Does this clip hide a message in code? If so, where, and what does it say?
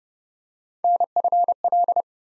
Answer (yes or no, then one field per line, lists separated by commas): yes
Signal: Morse code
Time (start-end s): 0.8-2.0 s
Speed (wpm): 30 wpm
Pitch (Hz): 700 Hz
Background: none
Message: NFL